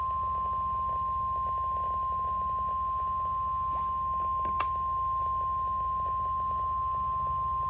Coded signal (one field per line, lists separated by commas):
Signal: Emergency Alert System (SAME) tones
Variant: 1050 Hz attention tone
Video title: NOAA Weather Radio - Doubleheader Severe Thunderstorm Warning [EAS #311-#312] (6/27/23)